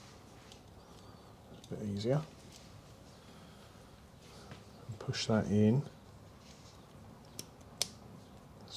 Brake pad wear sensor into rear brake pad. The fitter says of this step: snaps into place and